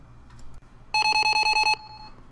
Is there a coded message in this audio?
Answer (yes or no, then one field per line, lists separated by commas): no